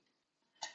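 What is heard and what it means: A plastic peg on a Transformers toy is pushed into its socket in the toy body during transformation, pressed in firmly so it pegs in tightly, which may take a couple of tries. After a faint, quiet stretch, a single short, sharp tick sounds at 0.6 s. The peg seats in its socket.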